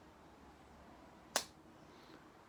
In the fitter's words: a satisfying click. Likey.